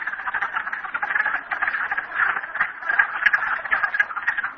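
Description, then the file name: Frogs in full chorus, trilled and rattling calls overlapping thickly, swelling and easing slightly in loudness over a few seconds. Frogs at Merryspring. "frogs merryspring 42008"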